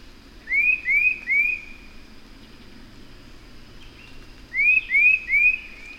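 Bird song: two bursts of three quick upslurred whistles each, separated by about three seconds of quiet hiss.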